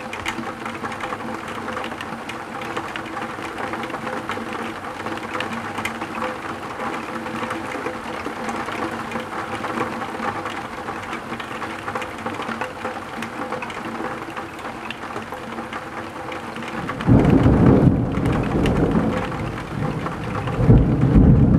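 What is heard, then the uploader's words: Rain ticks steadily and densely on a tilted window, a fine, even patter with a faint low hum running underneath. About seventeen seconds in, thunder rolls in loudly, rumbling deep and heavy, easing briefly and swelling again near the end. Tickling rain on a tilted window, while thunder keeps rumbling regularly.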